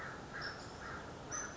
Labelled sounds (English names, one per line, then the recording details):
American Crow
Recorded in Sonoma County, California